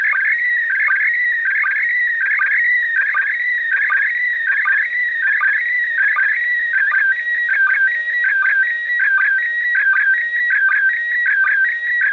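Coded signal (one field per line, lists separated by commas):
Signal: SSTV (slow-scan television)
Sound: continuous warbling electronic tone shifting pitch, with regular short low chirps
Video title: ISS International Space Station Listen SSTV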